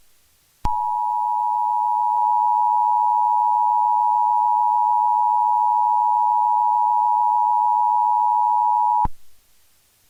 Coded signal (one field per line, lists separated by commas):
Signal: Emergency Alert System (SAME) tones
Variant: 853 and 960 Hz attention tone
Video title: A Quiet Place 2 Fake EAS Alert